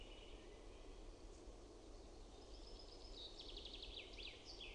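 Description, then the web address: Wood warbler singing: high, sharp notes accelerate into a short, shimmering trill, partly masked by heavy steady background noise. "Linnut OMAT AANITYKSET SIRITTAJA"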